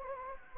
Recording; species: mosquito wingbeat signal from an infrared sensor; Anopheles gambiae